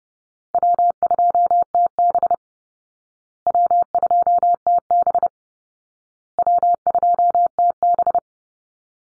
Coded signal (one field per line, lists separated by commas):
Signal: Morse code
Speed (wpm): 30 wpm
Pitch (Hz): 700 Hz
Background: none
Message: W2TB W2TB W2TB